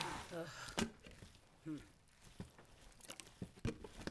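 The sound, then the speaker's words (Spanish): A knife chops leaves on a board in a few sharp, irregular thuds, with a brief flurry near the end, while a voice talks quietly between the cuts. “Sigue picando las hojas.”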